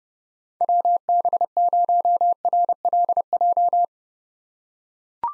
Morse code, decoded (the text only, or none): WB0RLJ